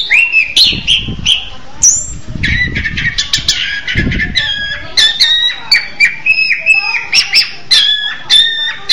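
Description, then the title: Orange-headed thrush sings varied sliding whistles mixed with quick chirps and trills, while soft low knocking sounds occur in the first half. "Anis Merah"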